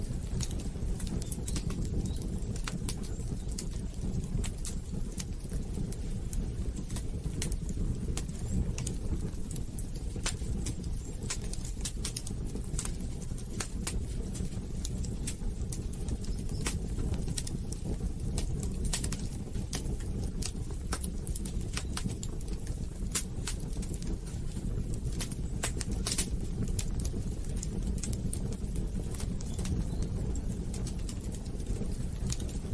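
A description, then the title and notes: A fireplace burns with a steady low roar, sharp bright crackles and pops snapping irregularly throughout, several each second. 1 Hour of Fireplace Sounds for Sleep: Cozy Ambiance for Peaceful Nights.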